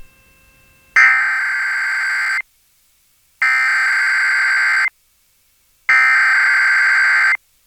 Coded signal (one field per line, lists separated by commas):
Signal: Emergency Alert System (SAME) tones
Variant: header bursts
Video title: EAS #503-505: 1 NWR and 2 EAS Required Monthly Tests- May 4, 2021